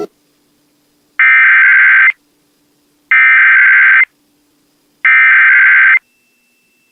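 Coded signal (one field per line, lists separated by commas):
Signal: Emergency Alert System (SAME) tones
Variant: header bursts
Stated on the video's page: Evacuation Immediate for the Ranch Fire aired on an FM station, issued by the county sheriff's OES.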